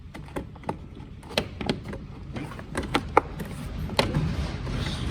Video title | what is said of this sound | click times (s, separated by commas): How to Change the Air Filter(s) on a 2010 C300 W204 M272 E25/30/35 Engine | Otherwise, you just pull this back here, and these will click on actually. | 2.9 s, 3.2 s, 4.0 s